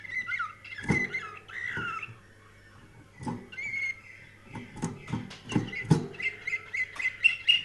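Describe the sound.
Canary singing in broken warbled phrases separated by short pauses, with several dull thumps and knocks and a constant low hum underneath.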